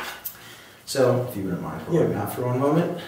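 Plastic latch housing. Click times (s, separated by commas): 0.3 s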